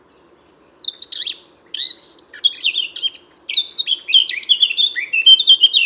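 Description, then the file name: Eurasian blackcap song in two bursts of rapid varied chirps and warbles separated by a short pause; faint hum underneath. "Sylvia atricapilla"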